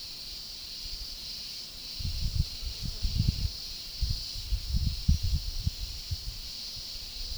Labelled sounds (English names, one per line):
none